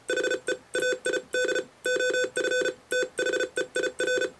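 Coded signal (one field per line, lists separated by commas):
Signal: Morse code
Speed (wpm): 34 wpm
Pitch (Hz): 500 Hz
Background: none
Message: HEAID OF THEIR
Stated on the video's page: Morse code demonstration in an introduction to its use in ham radio.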